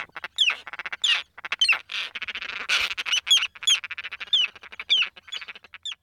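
Roseate Tern calls: a busy, rapid, almost continuous stream of harsh, raspy notes and sharp squeaky notes.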